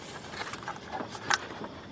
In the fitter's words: You hear it click into place.